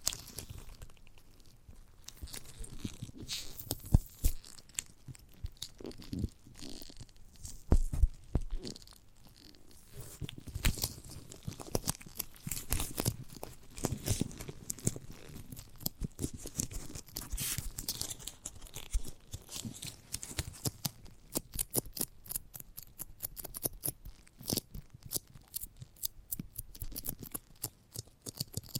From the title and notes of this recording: ASMR of a Giant Gummy Bear (No Talking).